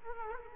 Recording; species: mosquito wingbeat signal from an infrared sensor; Culex quinquefasciatus